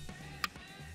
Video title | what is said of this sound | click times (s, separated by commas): HOW TO GET FREE TELEPHONE SERVICE VOIP FOR HOME OR OFFICE USE (OBI 200 & GOOGLE VOICE) | And you know it's connected when you hear that click. | 0.4 s